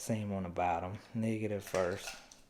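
AA batteries are handled at the bottom row of the battery compartment tray of a 2020 Browning Recon Force Edge trail camera, going in negative end first, while someone talks. No battery has seated or clicked into place yet.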